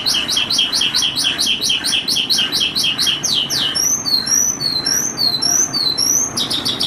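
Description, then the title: Javan bush lark pouring out a fast, evenly repeated series of sharp high notes, then switching to scattered rising and falling whistled chirps, and briefly resuming the rapid series. "Suara Burung Branjangan"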